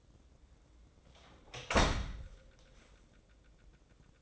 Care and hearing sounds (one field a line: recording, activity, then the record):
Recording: daily activity, microphone in the room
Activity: close door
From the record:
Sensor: 3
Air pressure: 1012.3 hPa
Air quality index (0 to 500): 178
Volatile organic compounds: 3 ppm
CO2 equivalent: 1360 ppm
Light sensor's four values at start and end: 538/1337/551/560 and 536/1332/549/558